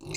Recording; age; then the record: pig call; weaner (32 to 43 days)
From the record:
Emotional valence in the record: negative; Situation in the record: novel object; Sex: female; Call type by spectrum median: high-frequency call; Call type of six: mixed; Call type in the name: high-frequency modulated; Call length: 0.16 s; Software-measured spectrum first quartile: 384 Hz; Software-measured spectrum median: 2201 Hz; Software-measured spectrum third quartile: 4939 Hz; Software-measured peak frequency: 365 Hz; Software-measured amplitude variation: 95 dB a second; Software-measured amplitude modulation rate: 18.6 a second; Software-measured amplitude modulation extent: 5.1 dB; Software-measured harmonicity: 6.9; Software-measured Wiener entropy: -3.58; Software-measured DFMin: 718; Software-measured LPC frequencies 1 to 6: 2206, 2599, 4198, 4965, 6264, 7185 Hz